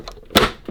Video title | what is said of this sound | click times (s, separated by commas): My Mate Vince Advent Christmas REPAIR Challenge - Day 23 | Here we go, we're going to get the satisfying click. | 0.4 s